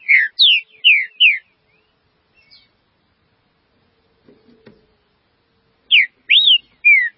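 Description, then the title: Green-winged saltator whistling a quick burst of four slurred notes, a quiet pause with a faint knock, then three more loud whistles. "Trinca Ferro"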